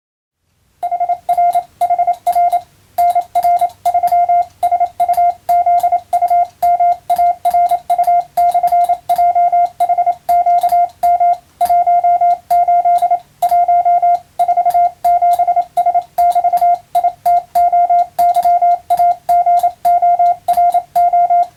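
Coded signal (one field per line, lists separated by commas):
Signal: Morse code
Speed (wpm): 27 wpm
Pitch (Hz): 700 Hz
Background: radio noise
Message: HRHR NR3SUZUMARU/JHQM 18 1 47S<BT>ITOYAGORO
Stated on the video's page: Morse receiving practice sent by hand with a key, using a telegram practice book.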